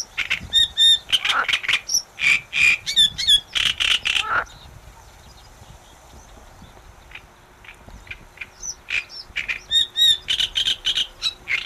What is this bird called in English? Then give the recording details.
Great Reed Warbler. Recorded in the wild. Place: Anhauser Weiher, DE. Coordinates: 48.8458, 10.6578. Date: 1969-06-22. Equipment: Uher Report 4000, AKG D190. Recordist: Krey, Winfried